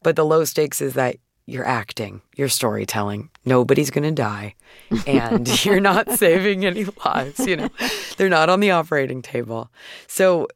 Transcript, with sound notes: But the low stakes is that you're acting, you're storytelling. Nobody's going to die...
(Laughter).
...And you're not saving any lives. You know, they're not on the operating table.